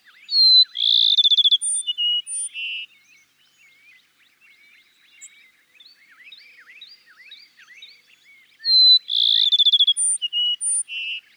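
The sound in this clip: Cassin's sparrow gives two songs about eight seconds apart, each a quick rattling trill followed by clear whistles, with soft twittering chips heard between them.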